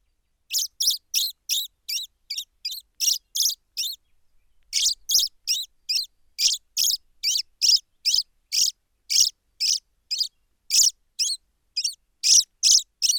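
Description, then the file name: Common blackbird giving sharp, high, clipped chinking notes in a fast repeated series, about two or three per second, with a brief pause near four seconds, no other sounds. "Turdus merula"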